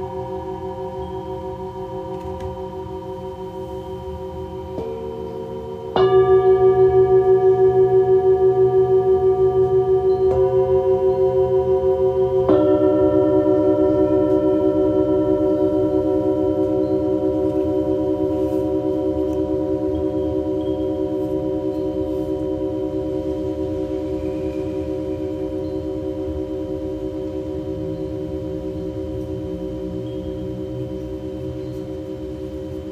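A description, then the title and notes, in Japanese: Tibetan singing bowls ring in long, sustained tones that overlap and hum steadily. Bowls are struck at about 5, 6, 10 and 12 seconds, the strike at 6 seconds bringing a clear jump in loudness, and the combined ringing then fades slowly over the remaining half minute. チベタンシンギングボウル。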